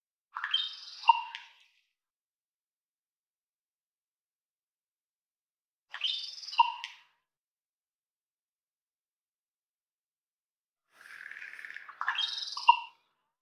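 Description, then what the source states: Common raven repeating a short twittery popping phrase three times, roughly every five seconds, each ending in a crisp snap-like click; no other sounds. North America, August 2020; odd twittery pop vocalizations and beak snaps; processed to remove unwanted noise.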